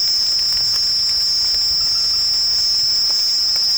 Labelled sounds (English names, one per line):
none